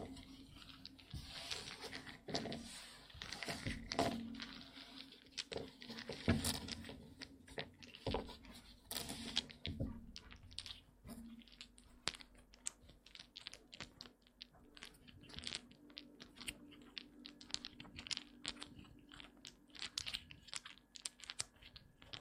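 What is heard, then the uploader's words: Wooden eggs knock and clatter together in quick, dense clicks, like fast typing. The first half is busier and louder with heavier knocks, then the taps thin into lighter, steadier clicking. A low steady hum runs underneath throughout. ASMR Relaxing wooden eggs sounds (No Talking).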